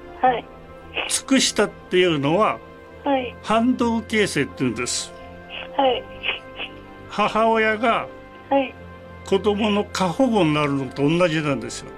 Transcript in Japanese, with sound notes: はい
尽くしたっていうのは、
はい
反動形成っていうんです。
はいズッズッ （鼻を吸って）
母親が、
はい
子供の、過保護になるのと、おんなじなんですよ。